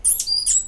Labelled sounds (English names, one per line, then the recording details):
Stitchbird song
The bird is a male
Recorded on Tiritiri Matangi Island, New Zealand, in 2005
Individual 17, of nest box 25